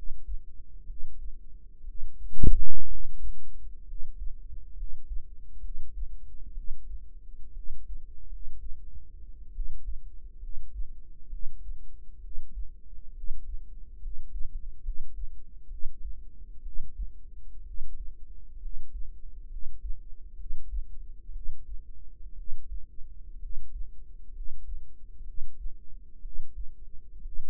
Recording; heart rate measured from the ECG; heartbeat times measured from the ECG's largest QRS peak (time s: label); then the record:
heart sounds by microphone in the right ear; 64 bpm
0.84 s: heartbeat
1.82 s: heartbeat
2.85 s: heartbeat
3.83 s: heartbeat
4.72 s: heartbeat
5.58 s: heartbeat
6.51 s: heartbeat
7.51 s: heartbeat
8.26 s: heartbeat
9.50 s: heartbeat
10.37 s: heartbeat
11.27 s: heartbeat
12.19 s: heartbeat
13.11 s: heartbeat
13.97 s: heartbeat
14.80 s: heartbeat
15.66 s: heartbeat
16.61 s: heartbeat
17.62 s: heartbeat
18.57 s: heartbeat
19.46 s: heartbeat
20.34 s: heartbeat
21.30 s: heartbeat
22.33 s: heartbeat
23.37 s: heartbeat
24.30 s: heartbeat
25.22 s: heartbeat
26.19 s: heartbeat
27.20 s: heartbeat
From the record:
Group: healthy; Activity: rest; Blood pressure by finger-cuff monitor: 116/71 mmHg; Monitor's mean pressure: 85 mmHg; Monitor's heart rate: 64 bpm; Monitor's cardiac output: 5.5 L/min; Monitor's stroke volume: 87 mL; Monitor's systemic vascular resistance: 1140 dyn s/cm5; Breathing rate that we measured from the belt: 12 breaths a minute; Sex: female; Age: 22 years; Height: 171 cm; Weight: 65.6 kg